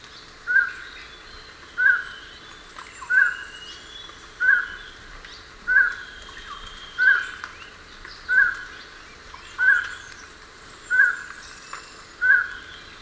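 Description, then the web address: Highland Tinamou calling: a short, clear whistled note repeated steadily about every 1.3 seconds, ten times, over soft background hiss. Recorded in Ecuador. "Natures Songs S America Birds of Ecuador. Highland Tinamou"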